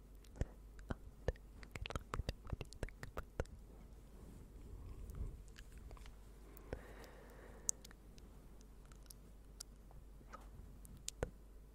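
Close-up, unintelligible whispering comes through mostly as crisp mouth clicks and ticks, thick in the first three seconds and sparser after. Soft breathy hushes rise briefly around five and seven seconds, over a steady low hum.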